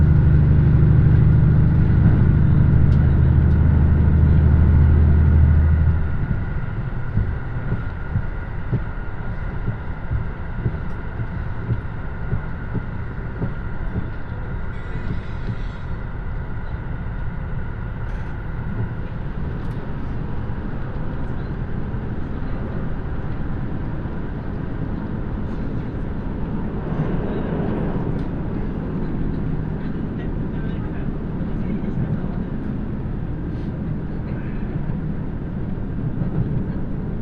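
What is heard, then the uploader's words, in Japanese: Aboard a diesel express train running between Kuwana and Nagoya, a heavy low engine roar dominates the first six seconds, then drops to a steady rolling rumble with quick, regular rail clatter. Brief brighter swells pass near 15 and 28 seconds. 関西本線 桑名→名古屋特急南紀6号（キハ85）。やはり特別急行らしい重厚さと貫禄がエンジン音から伝わってきます。とはいえこの日の編成は２両！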